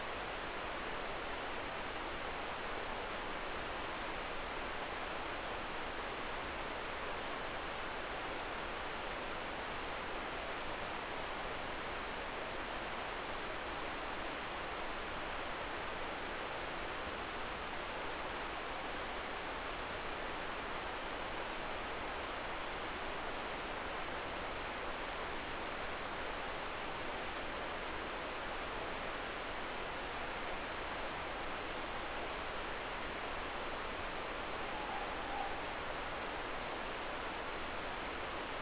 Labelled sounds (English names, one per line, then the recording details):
Morepork more-pork call
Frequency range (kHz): Morepork 0.7-1.1 kHz
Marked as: faintness 4/5
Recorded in New Zealand
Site Eglinton